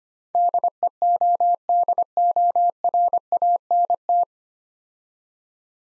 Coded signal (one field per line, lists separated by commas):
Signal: Morse code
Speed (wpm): 28 wpm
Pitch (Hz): 700 Hz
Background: none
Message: DEODORANT